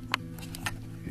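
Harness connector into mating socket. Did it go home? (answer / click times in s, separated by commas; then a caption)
yes / 0.1 s. A keyed multi-pin main wiring harness connector is pushed into its plastic mating socket on a BMW G650GS motorcycle. It gives a sharp click at 0.1 s, followed by a few softer taps and a low steady hum. The connector seats firmly and solidly.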